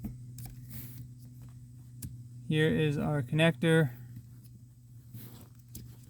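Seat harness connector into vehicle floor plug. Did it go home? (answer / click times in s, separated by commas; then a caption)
no / none. During a driver's seat replacement on a 2010 Ford Fusion, the keyed seat harness connector is held and lined up with the vehicle floor plug before being pushed in; it only goes one way. Someone talks briefly over a steady low hum, with a few faint ticks of handling. Nothing has seated or clicked yet.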